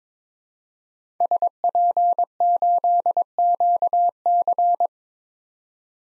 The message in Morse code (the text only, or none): SP8QC